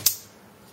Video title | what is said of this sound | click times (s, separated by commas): Otterbox Defender for iPhone 4S Case Review | and as you heard, you got those snaps. | 0.1 s